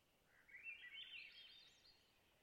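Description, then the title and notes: Swainson's thrush song, one fluty phrase that spirals steadily upward in pitch and fades at the top. Spring twilight, Long Lake, Talkeetna, Alaska; boreal taiga lake with white spruce and mosses; 49-61°F, light to no wind; mid-side recording with MKH8040 and MKH30 microphones. "Swainson's Thrush - Catharus Ustulatus. Location: Long Lake, Talkeetna, AK"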